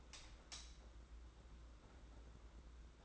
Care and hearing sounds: daily activity, microphone in the room; light on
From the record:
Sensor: 3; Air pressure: 991.9 hPa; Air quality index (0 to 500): 222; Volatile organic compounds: 1000 ppm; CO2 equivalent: 7617 ppm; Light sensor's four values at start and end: 16/39/15/14 and 23/60/24/21

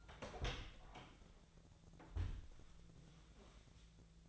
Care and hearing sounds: daily activity, microphone in the room; open door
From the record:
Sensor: 3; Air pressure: 1000.5 hPa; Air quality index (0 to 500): 180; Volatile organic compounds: 4 ppm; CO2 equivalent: 1566 ppm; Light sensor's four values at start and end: 12/29/12/13 and 12/29/12/13

